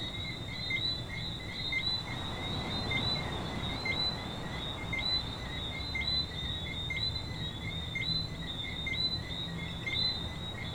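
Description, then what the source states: Coqui frogs calling, many short chirping notes at two pitches, over a steady low rumble of background noise. Frogs at a beach in Venezuela.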